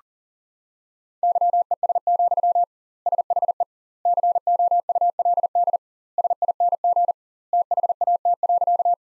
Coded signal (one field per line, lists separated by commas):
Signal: Morse code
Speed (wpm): 40 wpm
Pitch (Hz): 700 Hz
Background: none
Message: YES, SHE COULD SING THAT.